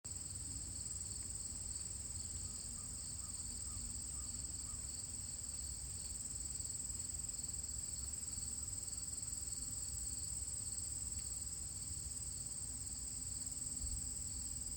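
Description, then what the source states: Cricket trilling, a steady high, shimmering sound running without a break through the whole stretch. Recorded at the edge of a field on Thursday, August 31, 2023, the last day of August, about 12 miles from where E.B. White's crickets lived.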